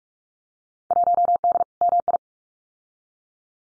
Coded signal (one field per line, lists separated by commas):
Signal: Morse code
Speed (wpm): 46 wpm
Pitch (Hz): 700 Hz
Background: none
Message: 1D MI